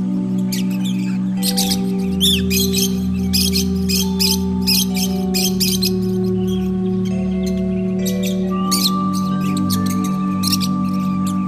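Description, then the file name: Lovebirds giving scratchy chirps and squeals in irregular bursts, with sustained tonal music running beneath the whole time. Lovebirds, used for audio therapy. "audio terapi lovebirds"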